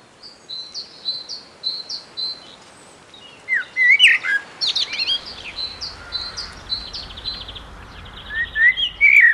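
Common blackbird song starting with soft, high, repeated twittering notes, then a rich fluted phrase and further squeaky, chattering flourishes.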